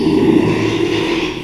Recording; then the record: squeal of a Yucatan mini pig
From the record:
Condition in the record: after surgery on the right vocal fold (resection and tissue-engineered implant); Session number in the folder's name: 1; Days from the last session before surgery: 6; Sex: male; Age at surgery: 12 weeks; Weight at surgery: 13 kg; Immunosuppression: cyclosporine, prednisolone